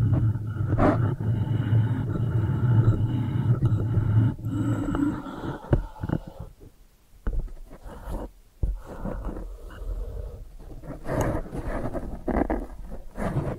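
ASMR brain flossing sounds with no talking. For the first five seconds a steady low rumbling hum runs under scattered crackles, with sharp taps near one and four seconds. It then drops away, leaving quieter, uneven taps, scratches and rustles, with a bright clatter around twelve seconds.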